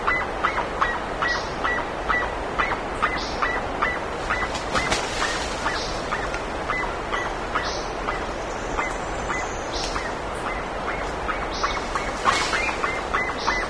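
Long stretch of bird calling, brisk honking notes repeated about two per second, with occasional high chirps and steady hiss throughout.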